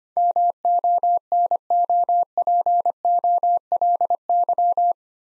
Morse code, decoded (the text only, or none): MONOPOLY